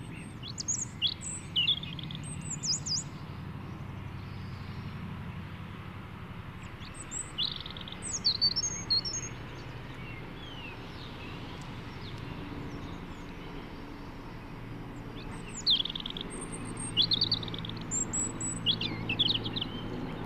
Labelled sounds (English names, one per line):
European Robin song